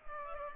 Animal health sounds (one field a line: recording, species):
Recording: mosquito wingbeat signal from an infrared sensor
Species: Culex pipiens